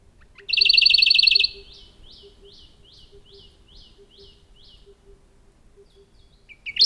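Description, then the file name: Radde's warbler sings a loud, fast rattling trill, followed by a string of soft, evenly spaced downslurred notes. "warbler-radde -Phylloscopus-schwarzi"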